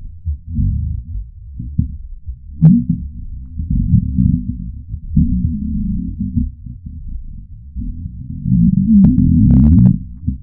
Intensive Hunger Moans Deep Pitched Grumbles of My Stomach.